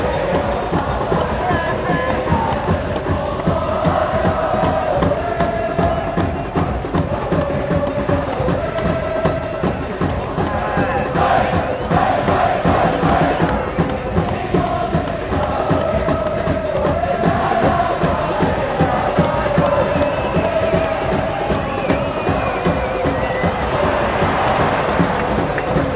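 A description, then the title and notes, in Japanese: From high in the away-side stands of a stadium, a dense crowd chants steadily in unison over rhythmic low thumping, loud and unbroken throughout. ヴァンフォーレ甲府vs松本山雅FC。山梨中銀スタジアムS自由席アウェイ側最上段。ローランドR-09。AGC：OFF、EXT MIC TYPE：STEREO、LOW CUT：ON、MIC GAIN：LOW。ヴァンフォーレのチャントもうっすら録音されてますね。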